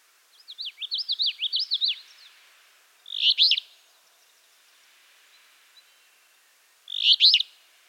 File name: Empidonax alnorum - Alder Flycatcher